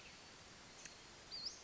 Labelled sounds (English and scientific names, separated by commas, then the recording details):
Western Flycatcher (Empidonax difficilis)
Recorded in Sonoma County, California